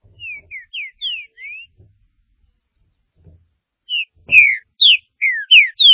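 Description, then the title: Green-winged saltator singing short whistled phrases of slurred, down-swept notes, a softer phrase first and a louder one after a pause, with a faint thud. "Trinca Ferro"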